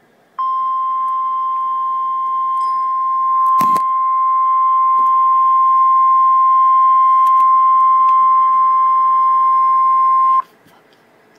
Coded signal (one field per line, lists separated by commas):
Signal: Emergency Alert System (SAME) tones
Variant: 1050 Hz attention tone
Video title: REAL EAS 532-Severe thunderstorm warning